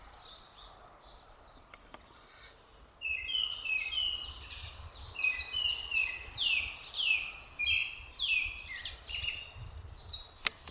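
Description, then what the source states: Japanese thrush singing: after a quiet start, rapid series of clear downslurred whistles and high twittered notes run continuously, with faint background hiss and a click near the end. Recorded on 23 April 2021.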